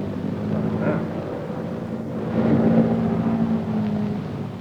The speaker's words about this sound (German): Jetzt eben nähert sich wieder eine dreimotorige Junkersmaschine. Steht allerdings noch nicht fest. Nein, es scheint ein Verkehrsflugzeug zu sein.